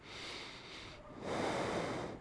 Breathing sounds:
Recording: one breath in and out by a microphone near the nose and mouth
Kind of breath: normal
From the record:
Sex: male

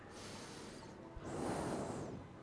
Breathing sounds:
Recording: one breath in and out by a microphone near the nose and mouth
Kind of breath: normal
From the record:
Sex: male

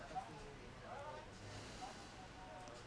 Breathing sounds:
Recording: one breath in and out by a microphone near the nose and mouth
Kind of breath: deep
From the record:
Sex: male

